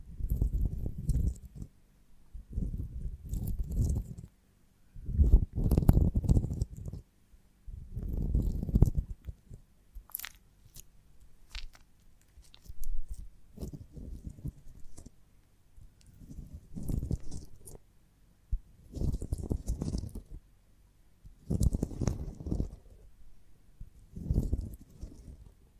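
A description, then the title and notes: Honeycomb being chewed in repeated bursts roughly every two seconds, each a dense, low, sticky crunch with brief crackling highs between bites. ASMR of a Honeycomb on Branch (No Talking).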